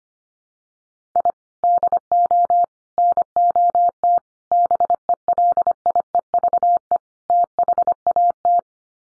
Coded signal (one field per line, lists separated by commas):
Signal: Morse code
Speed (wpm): 25 wpm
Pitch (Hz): 700 Hz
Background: none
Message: I DO NOT BELIEVE THAT